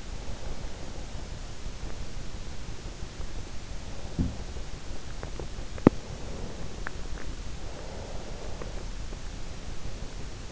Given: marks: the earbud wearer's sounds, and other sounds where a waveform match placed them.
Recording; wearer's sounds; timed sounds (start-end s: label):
sounds in sleep by an in-ear microphone; breath
0.00-2.92 s: breath
3.85-5.95 s: breath
7.60-10.52 s: breath